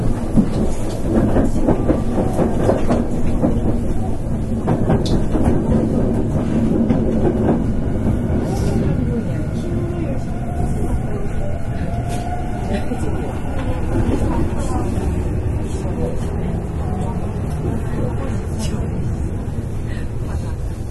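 Running sound of a Nankai 8300 series train: a dense, steady rumble of wheels on rail with regular clicks from the track joints. It is loudest in the first eight seconds, then eases slightly as a motor whine glides up in pitch midway through.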